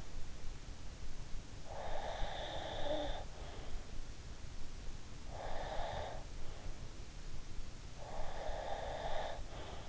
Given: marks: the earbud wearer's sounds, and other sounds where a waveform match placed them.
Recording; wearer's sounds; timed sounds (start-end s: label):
sounds in sleep by an in-ear microphone; snoring breath, breath
1.74-3.62 s: snoring breath
5.28-6.25 s: breath
8.06-9.89 s: breath